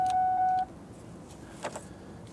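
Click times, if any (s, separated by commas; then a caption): 1.8 s. On a 1994–2004 Ford Mustang, the plastic headlight knob is pushed onto the headlight switch shaft with its release button held in; the button is then released and the knob gently pulled until it locks in place. A steady electronic tone sounds for the first 0.6 seconds, followed by quiet background hiss, then a short sharp click at 1.8 seconds as the knob locks onto the shaft. The knob is seated and confirmed set.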